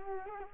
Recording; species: mosquito wingbeat signal from an infrared sensor; Culex quinquefasciatus